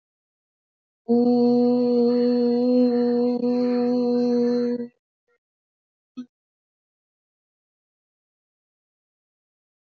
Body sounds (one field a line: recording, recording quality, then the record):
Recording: sustained vowel as in boot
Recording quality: excellent, no background noise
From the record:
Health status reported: exposed to COVID-19, no respiratory illness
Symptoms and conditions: none ticked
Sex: female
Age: 26 years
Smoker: not ticked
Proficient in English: yes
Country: India